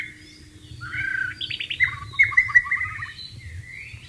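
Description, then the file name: White-rumped shama song: varied whistled phrases and rapid chattering notes, over a low hum. Wild bird recorded in its natural habitat. "suara burung murai batu di alam liar"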